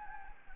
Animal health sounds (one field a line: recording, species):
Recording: mosquito wingbeat signal from an infrared sensor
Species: Anopheles gambiae